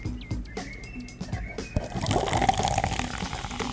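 A room-temperature can of pink grapefruit fizzy drink is opened and poured into a microphone: a few small clicks and a thin whistle-like tone, then a steady, rising rush of liquid and crackling carbonation fills the last half.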